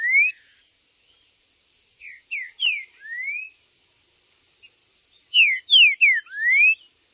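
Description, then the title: Green-winged saltator song: repeated whistled phrases of short falling slurs closing on a rising note, with a constant high-pitched background hiss. Chirping, singing and macheando, male territorial calling in a singing contest (disputa). "TRINCA Piando, Cantando E Macheando Na DISPUTA. TRINCA FERRO"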